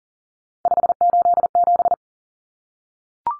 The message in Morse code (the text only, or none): 587